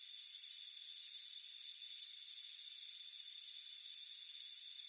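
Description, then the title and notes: Cricket chirping: shrill, high pulsed bursts repeating over steady, thin high-pitched ringing tones, with no other sounds. Warm afternoon on a front porch. "Soothing Crickets Chirping Sound. Deep Sleep Sounds"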